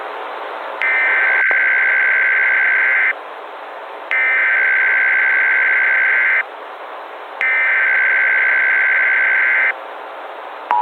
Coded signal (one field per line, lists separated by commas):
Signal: Emergency Alert System (SAME) tones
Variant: header bursts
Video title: EAS Scenario/Analog & Digital Horror - Twosday